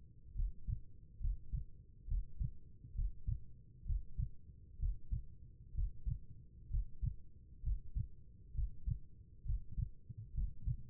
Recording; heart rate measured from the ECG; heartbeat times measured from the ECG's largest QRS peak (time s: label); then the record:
heart sounds by stethoscope; 66 bpm
0.34 s: heartbeat
1.19 s: heartbeat
2.07 s: heartbeat
2.94 s: heartbeat
3.85 s: heartbeat
4.78 s: heartbeat
5.73 s: heartbeat
6.69 s: heartbeat
7.62 s: heartbeat
8.54 s: heartbeat
9.45 s: heartbeat
10.33 s: heartbeat
From the record:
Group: healthy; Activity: breath hold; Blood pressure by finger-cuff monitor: 87/60 mmHg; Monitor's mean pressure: 66 mmHg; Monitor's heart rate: 66 bpm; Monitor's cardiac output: 4.3 L/min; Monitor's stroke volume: 63 mL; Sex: female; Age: 36 years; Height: 163 cm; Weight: 88 kg